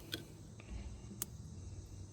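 A crimped retaining clip is pressed on with pliers onto the mount of a new Boostauto tow mirror. Two sharp clicks sound at 0.1 s and 1.2 s, with a fainter tick at 0.6 s between them, over a low background rumble. The clip clicks into place and is seated.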